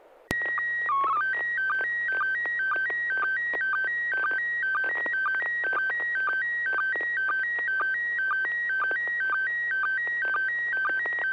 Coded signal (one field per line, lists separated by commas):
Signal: SSTV (slow-scan television)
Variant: PD 120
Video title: N6NA SSTV Net - 04/30/2025